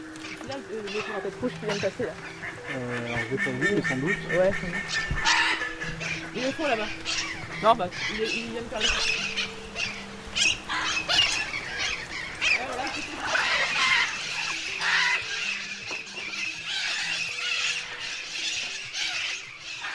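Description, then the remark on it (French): A crowd of agitated birds flying around at the bioparc zoo in Douai-la-Fontaine squawks and calls nonstop for twenty seconds, harsh honking and cawing cries overlapping at a steady, fairly loud level with shrill squeals mixed in. “On l'entend hein, tout de suite, il y a un petit peu d'agitation.”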